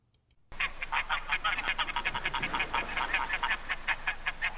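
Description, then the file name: Greylag goose honking calls: after a brief silent start, a flock gives dense, overlapping nasal honks in a rapid, continuous cackling chatter. "Oca selvatica"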